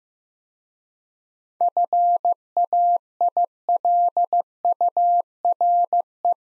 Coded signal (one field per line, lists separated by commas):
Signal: Morse code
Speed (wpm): 15 wpm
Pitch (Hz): 700 Hz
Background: none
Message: FAILURE